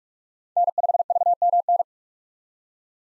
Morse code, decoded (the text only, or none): N5VMN